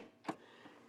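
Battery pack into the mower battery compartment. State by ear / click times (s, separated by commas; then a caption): seated / 0.3 s. A battery pack slides along its rail groove into the battery bay of a Toro 60V Flex-Force cordless 21-inch mower and locks into place. A single sharp, bright click sounds at 0.3 s over a faint background hum, followed by a quieter, softer knock near 0.7 s. The battery pack is seated and locked.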